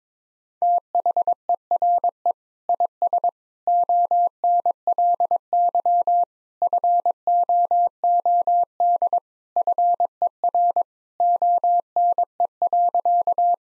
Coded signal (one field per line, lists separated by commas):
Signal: Morse code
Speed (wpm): 22 wpm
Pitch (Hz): 700 Hz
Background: none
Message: THERE IS ONLY FOOD FER ONE.